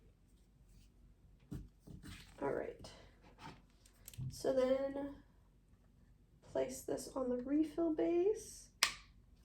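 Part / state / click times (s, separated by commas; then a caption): deodorant refill onto refill base of reusable case / seated / 8.8 s. Someone talks while pressing a paper-wrapped Wild deodorant refill onto the refill base of a reusable metal case. A sharp click at 8.8 s marks the refill seating onto the base.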